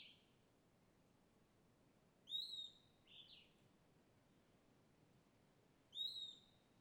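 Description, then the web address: Bird giving two clear high whistles a few seconds apart, with a short slurred note between; otherwise quiet. Lone bird by a riverbank in dense forest, afternoon; page names Cavalcante. "Passaro isolado beira do rio mata fechada mosca tarde. local cavalcante"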